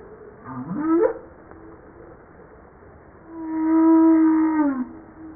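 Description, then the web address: Humpback whale song: a rising harmonic upsweep, then a long, steady, harmonic moan that drops slightly at its end. Recorded 5 March 1994. "Humpback-01 940305-0952 940305-0952 part 1"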